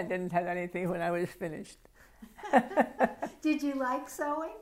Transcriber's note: laughs